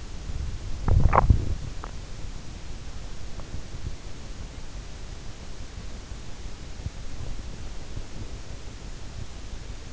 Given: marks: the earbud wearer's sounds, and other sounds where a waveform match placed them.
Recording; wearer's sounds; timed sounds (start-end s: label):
sounds in sleep by an in-ear microphone; body movement
0.00-3.52 s: body movement